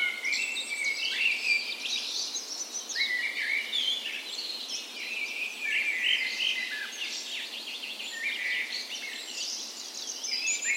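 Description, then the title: Birds: dawn chorus of many birds singing at once, overlapping high whistles, trills and chirps forming a dense, continuous tapestry of song throughout. Dawn chorus recorded on the morning of 17 May, Norway's National Day, in a park west in Bergen, Norway, in spring; Sony PCM A10 recorder with LOM Usi microphones as "tree ears". "17th Of May Dawn Chorus"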